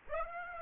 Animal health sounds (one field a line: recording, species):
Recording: mosquito wingbeat signal from an infrared sensor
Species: Aedes aegypti